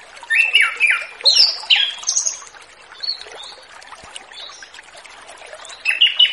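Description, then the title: Orange-headed thrush song: rich, varied whistled phrases jumping up and down, a quiet pause, then another burst at the end. Relaxed 'ngeplong' song style, used as a lure for a loose spotted orange-headed thrush. "Anis Kembang Ngeplong Santai , Untuk Pancingan Anis Kembang Lepas Trotol"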